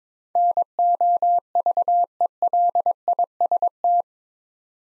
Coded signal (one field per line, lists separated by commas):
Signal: Morse code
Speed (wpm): 22 wpm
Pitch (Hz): 700 Hz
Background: none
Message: NOVELIST